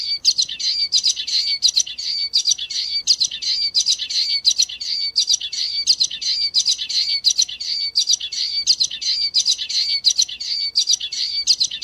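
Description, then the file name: Common waxbill singing continuously, a high buzzy chatter of short phrases repeated without a break. "canto do bico de lacre"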